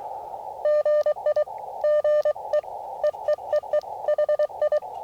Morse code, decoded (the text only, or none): GI GE EEEE HI